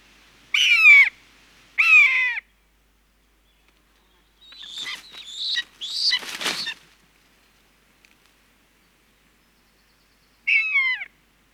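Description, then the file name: Common buzzard giving drawn-out, downslurred mewing calls, two in quick succession and a third after a pause, with some brief rustling and scratchy sounds between them. Hunger call. "Maeusebussard Ruf Hunger Voegel in Europa"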